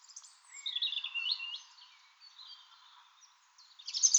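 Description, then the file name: European robin song, high thin warbling phrases with a few drawn-out whistles, a quiet pause, then a brief bright flourish. "Erithacus rubecula"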